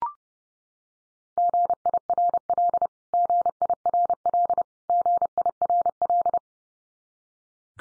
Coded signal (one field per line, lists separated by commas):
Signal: Morse code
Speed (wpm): 30 wpm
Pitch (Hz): 700 Hz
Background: none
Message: GIRL GIRL GIRL